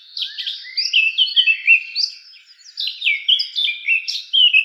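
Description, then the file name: Eurasian blackcap delivering continuous fast warbling, clear descending whistled notes strung together in two long phrases. "Sylvia atricapilla"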